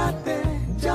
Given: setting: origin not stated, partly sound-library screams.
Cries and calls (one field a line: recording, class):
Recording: one-second piece from a danger detection set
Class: normal situation